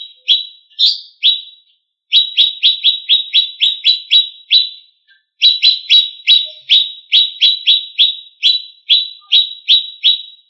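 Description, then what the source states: Greater green leafbird song: sharp, descending chip notes repeated rapidly in long runs, with two brief pauses between bursts. Small-leaf ('daun kecil') type.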